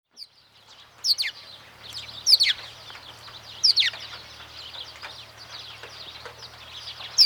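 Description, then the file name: House sparrow chirping, a busy run of sharp descending chirps in quick irregular bursts, with a low steady hum underneath. "Passer domesticus"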